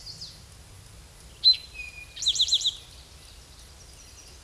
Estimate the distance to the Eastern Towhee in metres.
about 5 m